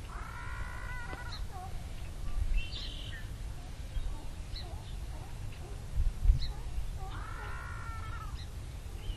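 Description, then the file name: Common murre calls, two long growling harmonic notes at the start and near the end, with faint chatter in between and a constant low roar underneath. "Sillgrissla"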